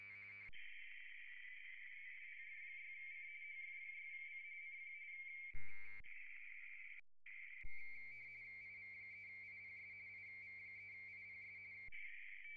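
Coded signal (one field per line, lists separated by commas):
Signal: RTTY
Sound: warbling two-tone teletype chatter near 2 kHz, interrupted by brief gaps and buzzy noise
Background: radio static and hum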